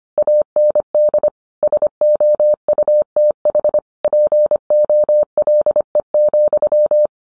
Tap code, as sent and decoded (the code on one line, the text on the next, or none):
none